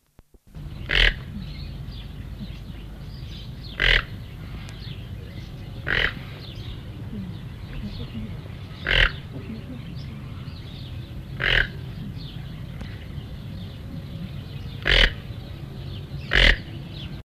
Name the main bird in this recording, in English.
Toco Toucan